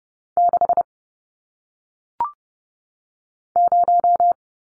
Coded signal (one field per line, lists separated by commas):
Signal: Morse code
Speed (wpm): 30 wpm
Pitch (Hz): 700 Hz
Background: none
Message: 6 0